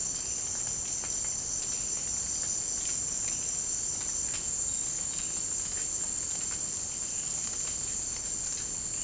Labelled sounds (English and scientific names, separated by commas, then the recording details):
none
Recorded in secondary vegetation near Puerto Asís, Putumayo, Colombia, on 21 March 2025 at 16:30
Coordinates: 0.502, -76.326
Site G100